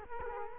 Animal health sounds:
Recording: mosquito wingbeat signal from an infrared sensor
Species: Culex quinquefasciatus

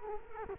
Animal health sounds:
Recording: mosquito wingbeat signal from an infrared sensor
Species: Culex quinquefasciatus

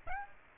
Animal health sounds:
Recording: mosquito wingbeat signal from an infrared sensor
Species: Aedes aegypti

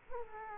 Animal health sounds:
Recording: mosquito wingbeat signal from an infrared sensor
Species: Culex quinquefasciatus

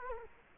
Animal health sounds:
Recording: mosquito wingbeat signal from an infrared sensor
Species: Culex quinquefasciatus

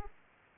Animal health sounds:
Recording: mosquito wingbeat signal from an infrared sensor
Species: Aedes aegypti

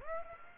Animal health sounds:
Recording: mosquito wingbeat signal from an infrared sensor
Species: Aedes aegypti

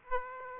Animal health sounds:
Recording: mosquito wingbeat signal from an infrared sensor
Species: Aedes aegypti

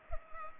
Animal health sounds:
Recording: mosquito wingbeat signal from an infrared sensor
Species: Culex pipiens

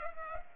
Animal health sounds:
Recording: mosquito wingbeat signal from an infrared sensor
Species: Culex pipiens

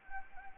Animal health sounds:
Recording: mosquito wingbeat signal from an infrared sensor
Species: Anopheles arabiensis

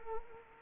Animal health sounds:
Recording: mosquito wingbeat signal from an infrared sensor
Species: Culex quinquefasciatus

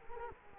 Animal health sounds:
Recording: mosquito wingbeat signal from an infrared sensor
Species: Culex quinquefasciatus

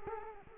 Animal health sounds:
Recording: mosquito wingbeat signal from an infrared sensor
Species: Culex quinquefasciatus

